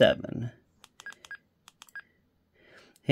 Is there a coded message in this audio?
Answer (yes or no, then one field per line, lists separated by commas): no